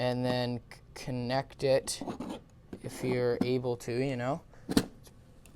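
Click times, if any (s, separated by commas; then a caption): 4.8 s. An animated pop-up zombie Halloween prop's plastic body is pushed onto its plastic base while someone talks. A single knock at 4.8 s marks the body seating onto the base, though the final twist-lock has not happened yet.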